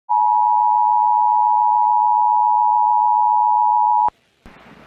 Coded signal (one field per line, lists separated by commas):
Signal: Emergency Alert System (SAME) tones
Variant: 853 and 960 Hz attention tone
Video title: EAS Timeline: Catastrophic Hurricane Fiona Makes Landfall in Puerto Rico NOAA Weather Radio/TV